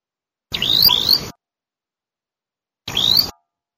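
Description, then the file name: Prinia call: two bursts of quick upward-sliding whistles, the first with two notes, the second with one, set in a rough hissing background. Call of the prenjak kepala merah, a red-headed prinia. "suara panggilan prenjak kepala merah. omkicau"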